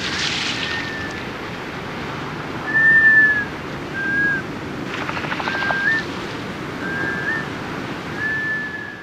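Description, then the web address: Black Scoter giving several short, mellow whistled notes, level or slightly rising, spread throughout over steady rushing background noise. Recorded in North America. "Songs of Birds of North America Stokes. Black Scoter"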